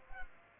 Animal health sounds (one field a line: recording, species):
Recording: mosquito wingbeat signal from an infrared sensor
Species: Culex pipiens